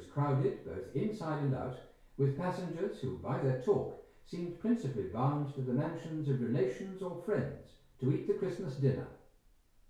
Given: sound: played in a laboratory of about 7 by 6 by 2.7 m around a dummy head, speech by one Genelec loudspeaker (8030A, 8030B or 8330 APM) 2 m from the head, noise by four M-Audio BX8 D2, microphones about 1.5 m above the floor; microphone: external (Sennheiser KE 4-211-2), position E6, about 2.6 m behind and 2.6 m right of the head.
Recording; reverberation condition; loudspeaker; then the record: male speech in English; medium; 150 degrees to the right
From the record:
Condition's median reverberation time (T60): about 510 ms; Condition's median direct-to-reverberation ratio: about -0.5 dB